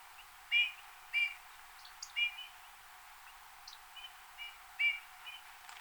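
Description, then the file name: Eurasian bullfinch calls: short soft piping notes at uneven intervals over a faint hiss. "Pyrrhula pyrrhula"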